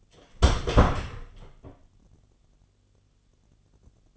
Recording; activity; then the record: daily activity, microphone in the room; close door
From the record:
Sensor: 4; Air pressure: 1016.1 hPa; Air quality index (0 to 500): 207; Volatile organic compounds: 12 ppm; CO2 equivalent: 2365 ppm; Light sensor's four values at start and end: 9/20/8/7 and 9/20/8/7